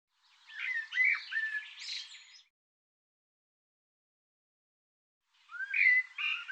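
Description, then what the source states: Bird song: a quick tumbling phrase of mixed whistles and chips, then silence, then another phrase beginning with a rising whistled note. Recording cleaned and normalized; bird labelled 'Tu Me Tu Me'.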